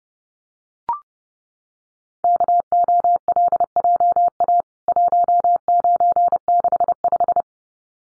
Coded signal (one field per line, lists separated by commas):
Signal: Morse code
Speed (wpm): 28 wpm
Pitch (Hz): 700 Hz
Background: none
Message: KOLJA 1965